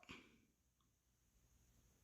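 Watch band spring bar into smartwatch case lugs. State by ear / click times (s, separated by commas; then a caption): not seated / none. A kitway soft sport band for the Samsung Galaxy Watch 4 Classic is being fitted, its quick-release spring bar lined up with the lugs of the watch case. A brief sharp burst of handling noise comes near the start, then only a quiet steady hiss. Nothing has seated or clicked yet.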